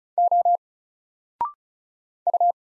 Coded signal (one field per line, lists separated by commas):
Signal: Morse code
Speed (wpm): 36 wpm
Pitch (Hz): 700 Hz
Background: none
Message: O U